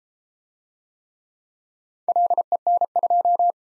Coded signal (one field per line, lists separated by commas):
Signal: Morse code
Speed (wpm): 37 wpm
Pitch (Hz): 700 Hz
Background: none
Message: LEN2